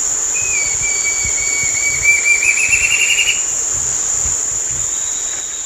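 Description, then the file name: Bird call: a long, thin, steady whistle that turns into a brief rapid trill and rises slightly, heard through a loud continuous high whine and background hiss. "SABIOD 50 bird 2015"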